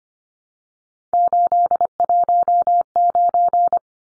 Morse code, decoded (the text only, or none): 819